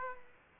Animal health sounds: mosquito wingbeat signal from an infrared sensor; Aedes aegypti

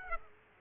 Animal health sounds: mosquito wingbeat signal from an infrared sensor; Aedes aegypti

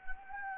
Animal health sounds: mosquito wingbeat signal from an infrared sensor; Anopheles gambiae

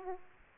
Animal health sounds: mosquito wingbeat signal from an infrared sensor; Aedes aegypti

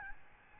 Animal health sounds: mosquito wingbeat signal from an infrared sensor; Aedes albopictus

